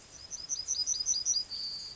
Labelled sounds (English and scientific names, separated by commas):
Yellowhammer (Emberiza citrinella) song